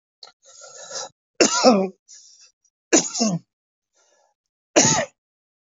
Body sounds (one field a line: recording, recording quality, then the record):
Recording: heavy voluntary cough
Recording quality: excellent, no background noise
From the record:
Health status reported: healthy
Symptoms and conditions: hypertension, diabetes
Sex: male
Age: 59 years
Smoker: not ticked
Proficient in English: yes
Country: India